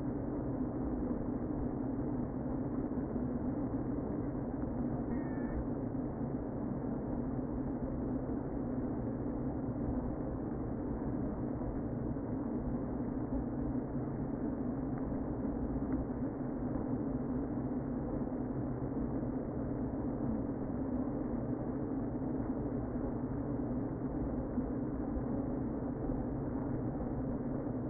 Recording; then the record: honeybee colony, microphone inside the hive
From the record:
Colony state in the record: queen present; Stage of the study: before two queens were removed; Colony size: about 60,000 bees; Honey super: yes